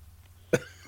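One short, sharp cough from an adult man who is smoking stands out against a quiet room with a steady low electrical hum. It is a single dry burst with no wheeze or rattle after it, a plain isolated cough.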